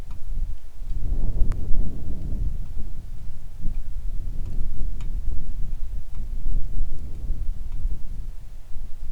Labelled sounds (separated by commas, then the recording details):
wind, rain
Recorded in the Arctic National Wildlife Refuge, Alaska, on 3 August 2019 at 10:15
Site 41